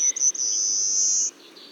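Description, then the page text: Pale rockfinch song: one long, thin, very high whistled note held steady for about a second, preceded by two short clipped notes, over a faint background hiss. "Fernand DEROUSSEN - Короткопалый воробей (Carpospiza brachydactyla)"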